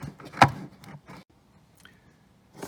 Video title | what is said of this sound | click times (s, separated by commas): Windshield Wiper, Hood Cowl & Cabin Air Filter Removal: 1st Gen '03-'07 Cadillac CTS, CTS-V | once you get it past the foam it just snaps in place there's a little bit of compression on the filter and | 0.4 s